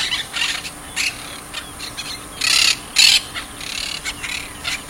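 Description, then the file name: Monk parakeet squawks: scattered scratchy notes, then two loud, grating screeches in quick succession, followed by softer raspy chatter. "canto de caturrita"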